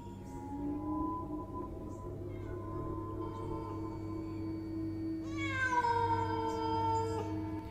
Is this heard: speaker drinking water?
no